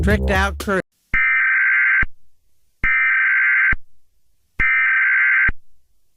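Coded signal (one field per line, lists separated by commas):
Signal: Emergency Alert System (SAME) tones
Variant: header bursts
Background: speech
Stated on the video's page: Fictional plane crash scenario using valid EAS tones.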